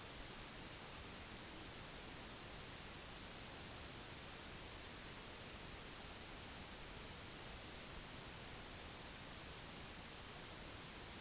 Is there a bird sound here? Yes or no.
no